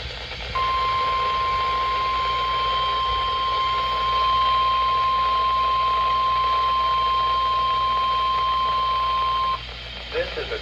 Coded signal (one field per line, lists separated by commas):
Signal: Emergency Alert System (SAME) tones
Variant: 1050 Hz attention tone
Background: speech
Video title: INSANE TROPO! NWS SHV Required Weekly Test on WXJ65, KWN32, and WNG653 (EAS #373)